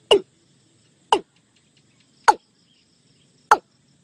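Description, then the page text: Watercock calls: four abrupt, descending knocking notes spaced just over a second apart over faint low background hum. Watercock call from Thailand. "เสียงนกอีลุ้ม"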